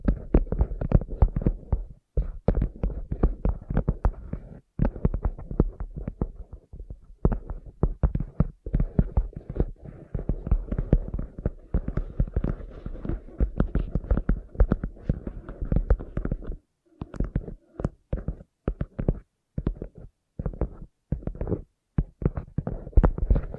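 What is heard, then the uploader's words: Soft, sensitive tapping in quick, uneven bursts, each tap a short dull knock with a low thump underneath. The taps come densely for most of the time, broken by brief silences around 2, 7, 17 and 20 seconds before resuming. Sensitive Tapping.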